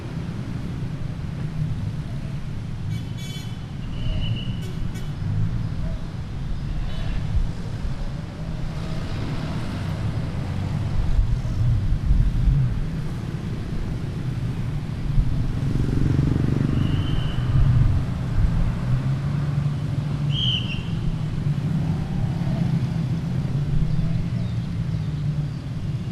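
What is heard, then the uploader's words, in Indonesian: A small park at a road junction, where a steady low rumble of passing vehicles runs throughout and swells slightly after the midpoint. Brief chirps of birds cut through near four, sixteen and twenty seconds, with faint clicks and voices mixed into the traffic. Taman Setiabudi Cipaganti - Bandung - Desember 2008. Taman di pertigaan Jln. Setiabudi dan Jln. Cipaganti Bandung.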